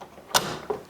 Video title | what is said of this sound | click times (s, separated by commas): THC High Rez Training | with your inks inserted close the blue lever make sure it clicks | 0.4 s